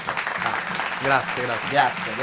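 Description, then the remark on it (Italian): A steady wash of clapping from a crowd runs through the whole stretch, with a couple of voices calling out over it, swelling slightly toward the end. “Applausi sentiti.”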